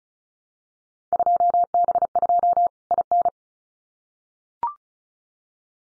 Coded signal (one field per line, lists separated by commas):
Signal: Morse code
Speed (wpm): 36 wpm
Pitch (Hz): 700 Hz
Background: none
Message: 2B2 IN